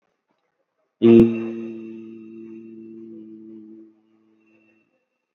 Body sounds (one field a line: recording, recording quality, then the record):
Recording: sustained vowel as in beet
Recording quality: excellent, no background noise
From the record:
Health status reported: COVID-19 positive, mild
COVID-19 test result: positive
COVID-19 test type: RT-PCR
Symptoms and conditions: sore throat, fever, fatigue, muscle pain, diarrhoea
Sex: male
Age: 38 years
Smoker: yes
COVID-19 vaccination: both doses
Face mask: not worn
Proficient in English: yes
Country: India